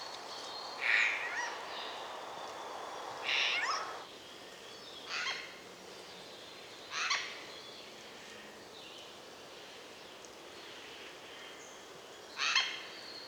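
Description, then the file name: Eurasian jay giving hoarse, tearing screeches at uneven intervals, five calls in all, with quiet background hiss between them. "Garrulus glandarius"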